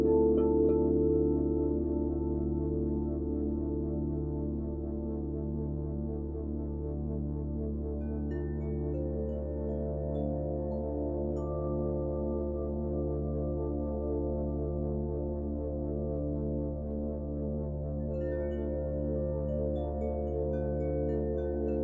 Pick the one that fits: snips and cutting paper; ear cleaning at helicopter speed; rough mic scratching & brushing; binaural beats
binaural beats